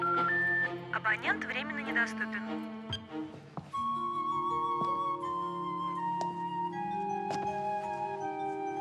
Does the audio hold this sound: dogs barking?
no